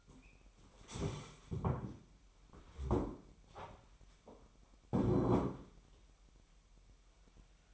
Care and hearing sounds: daily activity, microphone in the room; stand up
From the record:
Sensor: 1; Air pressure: 998.6 hPa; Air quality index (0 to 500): 117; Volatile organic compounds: 3 ppm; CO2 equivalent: 1396 ppm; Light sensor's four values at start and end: 7/17/7/8 and 7/17/7/8

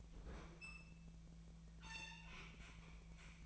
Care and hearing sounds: daily activity, microphone in the room; open fridge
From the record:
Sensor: 1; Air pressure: 1009.7 hPa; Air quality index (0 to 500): 192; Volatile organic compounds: 18 ppm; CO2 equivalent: 2629 ppm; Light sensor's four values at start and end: 33/84/35/42 and 33/84/35/42

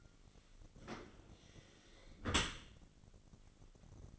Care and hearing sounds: daily activity, microphone in the room; close dishwasher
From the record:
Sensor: 4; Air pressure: 1003.9 hPa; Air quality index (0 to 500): 148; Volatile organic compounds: 2 ppm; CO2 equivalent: 1057 ppm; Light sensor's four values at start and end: 19/44/18/19 and 20/47/19/20

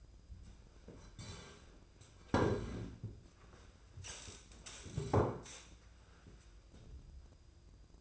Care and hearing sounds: daily activity, microphone in the room; sit down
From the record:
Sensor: 2

